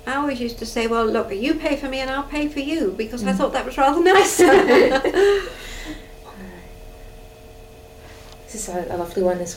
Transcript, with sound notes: I always used to say, well, look, you pay for me and I'll pay for you.
Mhm.
Because I thought that was rather nicer! [Laughs]
This is a lovely one as well.